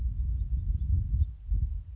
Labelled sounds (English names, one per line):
House Finch